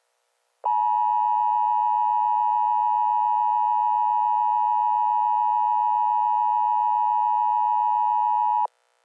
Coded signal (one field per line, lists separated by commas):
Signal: Emergency Alert System (SAME) tones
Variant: 853 and 960 Hz attention tone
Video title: EAS SCENARIO | America Gone to Hell - Part 2